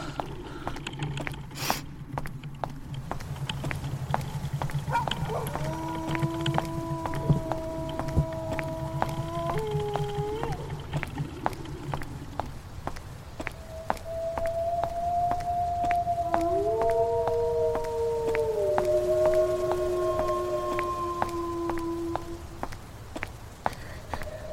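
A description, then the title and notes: A horror night ambience built on a low, steady rumble, with a faint hum near the start and scattered clicks and ticks throughout. Two long, eerie tonal swells drift in, one around 5 to 11 seconds and another from about 14 to 23 seconds, their sliding, moaning pitches recalling whale calls. Horror night ambience.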